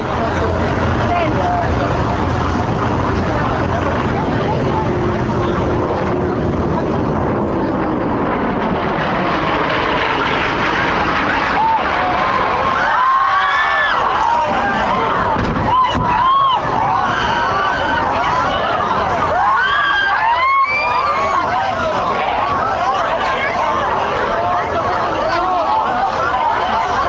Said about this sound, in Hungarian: A város másik pontján a megriadt emberek szemlélték az eseményeket, amikor egy újabb repülőgép tűnt fel és becsapódott a másik toronyba. A tömeg a városnak ezen pontján ekkor pánikba esett, az emberek sikoltoztak.